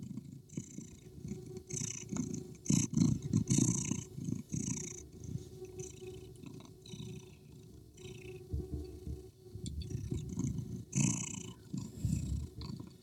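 Cat purring steadily in a low pulsing rumble, louder near three seconds and again around eleven, with occasional faint high-pitched sounds above.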